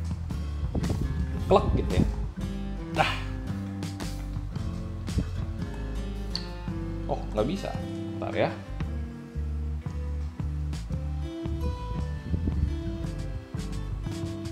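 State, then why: Not seated. A white plastic fitting is being pushed into the body of a Miyako standing fan, with small handling knocks and rustles while someone talks over background music. The clip ends before the part goes home, and nothing has seated or clicked yet.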